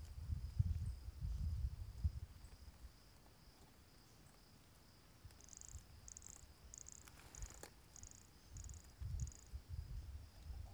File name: Brachycephalus sulfuratus near Jurupara dam 29 set 2016 MRBornschein